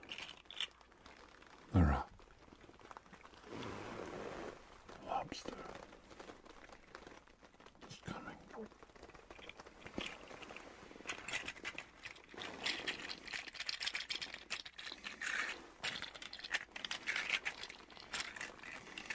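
Soft creaks and rustles of a leather coat shift and crinkle throughout, with brief scrapes and rubbing movements. A sharp low thump lands near two seconds, and the handling grows busier and denser after about ten seconds, with quick crackling bursts.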